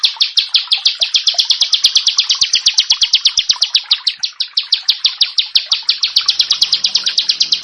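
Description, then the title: Prinia song, a rapid rattle of high, clipped notes; a faint low hum appears near the end. "Ciblek Sawah"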